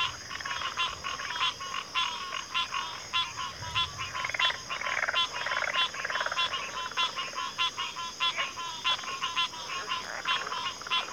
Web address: Sleep Sounds of Nature CRICKETS 03 Backwater Chorus